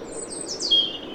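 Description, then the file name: European robin song fragment, a thin high whistled phrase that slides downward over about a second, over a low background hiss. "Erithacus rubecula"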